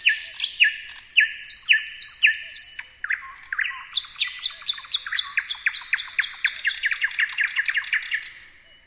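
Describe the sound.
Thrush nightingale song opening with a series of slurred descending whistles, then a long, rapid, rhythmic run of repeated piping and clicking notes.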